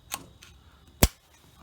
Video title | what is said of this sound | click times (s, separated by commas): CV Drive Shaft/Prop Shaft Rebuild | like that see both sides locked in | 1.0 s